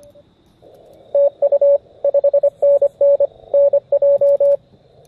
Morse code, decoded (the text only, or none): TU 5NN NJ